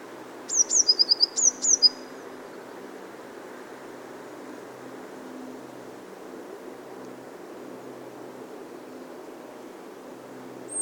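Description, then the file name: Eurasian blue tit giving a brief high call of sliding notes and a short fast trill, followed by several seconds of quiet background hum. "Cyanistes caeruleus"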